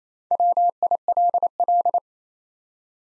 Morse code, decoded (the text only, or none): WILL